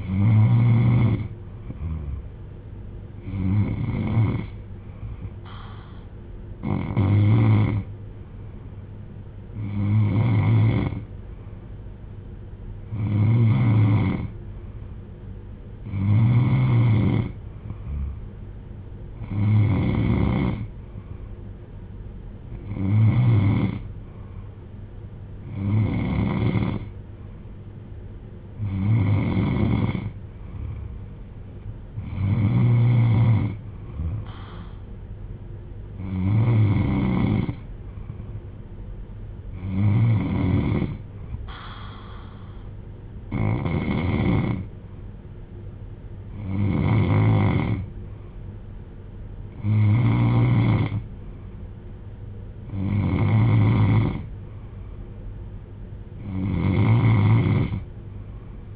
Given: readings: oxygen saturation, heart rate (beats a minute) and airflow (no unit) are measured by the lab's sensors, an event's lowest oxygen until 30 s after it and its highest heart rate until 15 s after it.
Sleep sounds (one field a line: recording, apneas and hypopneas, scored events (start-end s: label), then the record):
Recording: breathing in sleep by a smartphone at the bedside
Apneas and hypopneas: none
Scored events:
none scored
From the record:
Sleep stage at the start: N3 (deep sleep)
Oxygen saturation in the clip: 93 to 94%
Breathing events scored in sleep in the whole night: 310 in 8.1 hours asleep